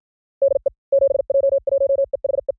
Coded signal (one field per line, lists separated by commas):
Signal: Morse code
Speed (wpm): 55 wpm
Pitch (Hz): 560 Hz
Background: none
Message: DE 7J1EHE